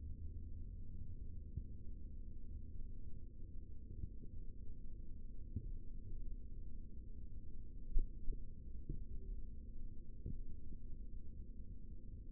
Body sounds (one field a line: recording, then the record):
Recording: forearm muscle sounds (acoustic myography)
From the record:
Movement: rest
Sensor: system 3, bracelet of six PUI Audio POM-2738L microphones around the upper forearm, with dedicated amplification and filtering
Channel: 6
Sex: male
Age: 23 years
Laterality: right